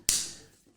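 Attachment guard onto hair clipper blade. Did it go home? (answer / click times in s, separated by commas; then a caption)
yes / 0.1 s. A plastic snap-on guard with a small metal clip underneath is pressed onto a hair clipper blade and gives a single sharp, bright snap at 0.1 s. The snap fades quickly, and the guard is seated securely.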